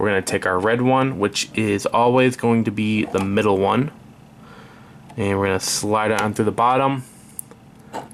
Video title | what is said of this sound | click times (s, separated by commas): Monster-LCG Slash 2wd-Level 23: Proline 6" Light Bar | we hear the click now it's locked in place just like that | 7.4 s